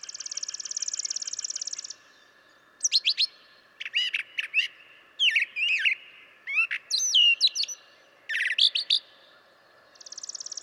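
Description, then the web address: Brown Thrasher song: a fast buzzy trill, then a series of separate sharp, varied phrases with short gaps, ending in another buzzy trill. "birdsongforthecurious Brown Thrasher"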